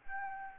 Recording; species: mosquito wingbeat signal from an infrared sensor; Aedes albopictus